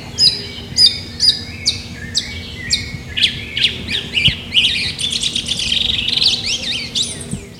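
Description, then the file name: Yellow-legged thrush song, first spaced high chips and slurred notes, then a faster, denser stream of thin twittering and squeaky phrases. Cantareira State Park, São Paulo, Brazil, 30 April 2004. "Turdus-flavipes-Cantareira SPark-SP-Brazil 30-4-04-ASilveira"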